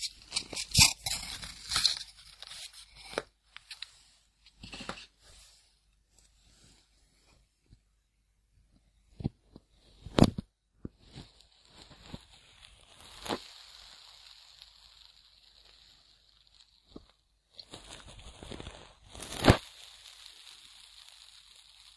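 Ear cleaning, with scratchy, crackling rubs and brushing strokes coming in bursts, densest in the first three seconds and again around 10, 13 and 19–20 seconds. Between bursts there are quiet stretches with faint hiss and small soft ticks. The sounds are bright and crisp rather than low.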